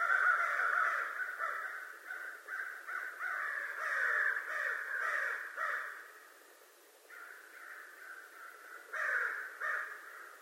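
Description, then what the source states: American crow cawing in a rapid harsh series, then quieter scattered caws before a final louder burst. Recorded 25 November 2011.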